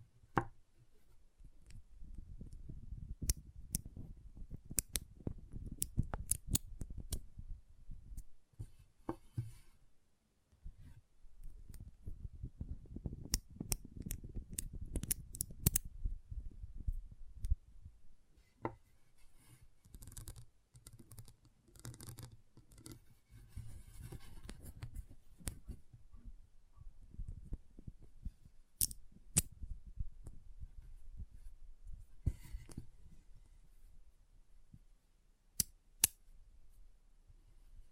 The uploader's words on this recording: ASMR Intense Magnetic Tingles (No Talking).